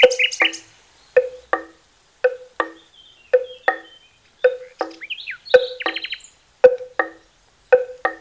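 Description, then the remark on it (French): Birds sing in a forest in a steady run of short, repeated chirps, roughly two per second, with thin high whistles and quick trills woven between them. No voices are heard. “C'est le chant des oiseaux, du vent dans les fourrés.”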